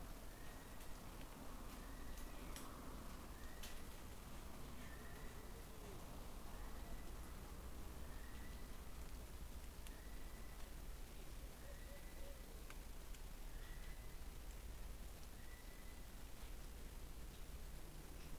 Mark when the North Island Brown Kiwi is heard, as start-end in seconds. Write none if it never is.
0.00-16.52